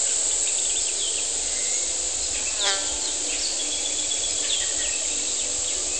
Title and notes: cigarras. Mañana húmeda a las afueras de San Cristóbal de Las Casas, Chiapas. Mayo 2021